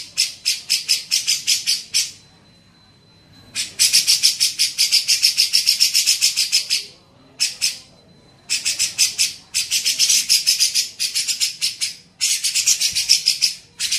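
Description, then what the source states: Grey-cheeked bulbul, bursts of rapid, scratchy chatter lasting a few seconds each, separated by short gaps with a thin steady tone. Used for training songbirds (masteran).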